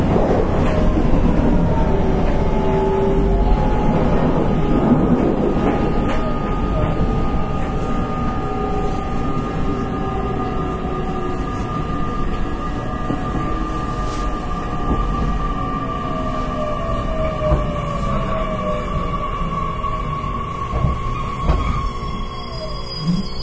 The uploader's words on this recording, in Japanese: JR九州 813系 中津から西小倉まで。813系電車の走行音。日豊線の普通列車で収録しました。ワンマン運行です。It was recorded with Nippou line's local train。